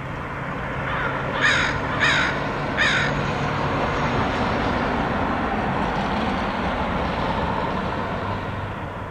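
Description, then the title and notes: Crow caws, three harsh calls in quick succession early on, over a steady low rumble that fills the rest. Crows recorded by Dan Bodah in Portland, Oregon, in August 2003. "Dronecast: Crows of Portland. Crows recorded by Dan Bodah in Portland, OR, August 2003"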